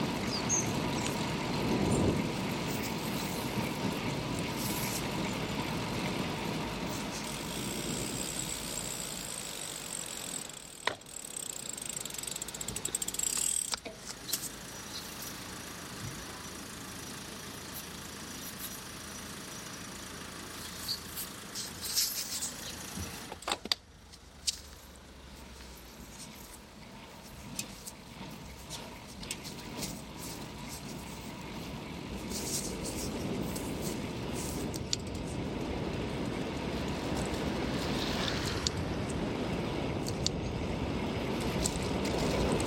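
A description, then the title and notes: A bike ride with steady rolling road noise and a clicking, ratcheting freewheel, dipping quieter midway before low rumbling swells again toward the end. The podcast captures the unique sounds of bike rides through high-quality binaural field recordings.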